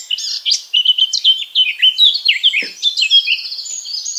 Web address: SETE data Sylvia atricapilla